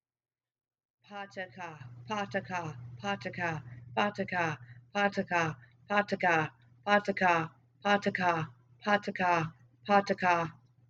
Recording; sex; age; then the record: repeated syllables /pa ta ka/; female; 30 to 39 years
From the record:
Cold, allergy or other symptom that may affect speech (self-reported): no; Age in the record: 32 years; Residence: Texas, United States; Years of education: 12